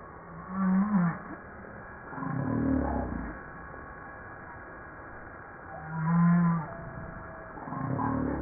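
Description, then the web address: Humpback whale song: a low flat moan, then a descending groan, the pair repeating after a long pause with gentle hiss between. Recorded 5 March 1994. "PMahe Voile'Ocean 940305 HUMPBACK"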